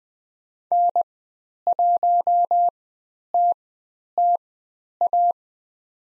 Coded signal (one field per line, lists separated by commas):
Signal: Morse code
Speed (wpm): 20 wpm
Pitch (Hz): 700 Hz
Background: none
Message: N1TTA